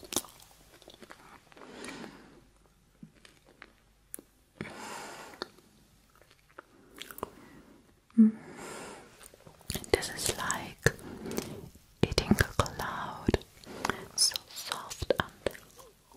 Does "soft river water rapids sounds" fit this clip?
no